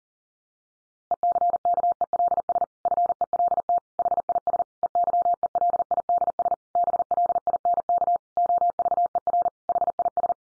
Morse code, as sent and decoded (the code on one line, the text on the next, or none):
. -.-. -.- . .-.. ... / ..-. . .-.. - / .... .. ... / . -.-- . .-.. .. -.. ... / -... .-.. .. -. -.- / --- ...- . .-. / .... .. ...
ECKELS FELT HIS EYELIDS BLINK OVER HIS